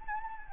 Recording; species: mosquito wingbeat signal from an infrared sensor; Anopheles gambiae